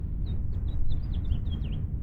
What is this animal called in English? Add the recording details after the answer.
House Finch. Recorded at Woodmere on Long Island, New York, on 11 June 1975. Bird E